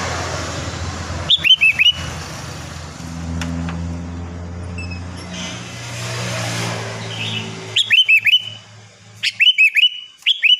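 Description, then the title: Sooty-headed bulbul giving short, liquid, chattering whistled phrases, one early then three in succession over the last three seconds, against a low droning hum. "Kutilang"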